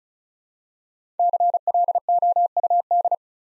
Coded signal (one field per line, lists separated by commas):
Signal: Morse code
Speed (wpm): 36 wpm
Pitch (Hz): 700 Hz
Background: none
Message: CLOUD